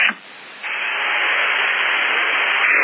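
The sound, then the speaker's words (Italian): The cooling fan of CB radio equipment gives a steady, even whooshing hiss that drops briefly at the start, then holds constant and moderately loud, with no voices. “Sì, cazzo, io sono in un buco qua, quindi la sento la ventola dell'apparecchio.”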